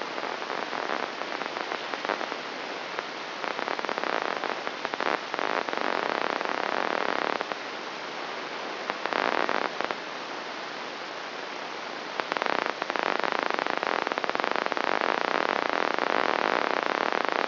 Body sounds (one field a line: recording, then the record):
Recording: brain microelectrode recording played as sound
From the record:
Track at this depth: outside the subthalamic nucleus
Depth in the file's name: 0.714 mm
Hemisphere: left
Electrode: 3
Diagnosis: Parkinson's disease